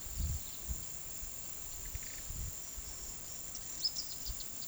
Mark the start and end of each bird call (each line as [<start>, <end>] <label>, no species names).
[3.54, 4.67] bird call